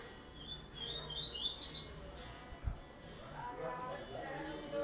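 Double-collared Seedeater song, a brief burst of rapid high chirps climbing upward, followed by a soft thump and lower tonal background sounds.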